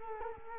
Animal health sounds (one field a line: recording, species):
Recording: mosquito wingbeat signal from an infrared sensor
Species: Culex quinquefasciatus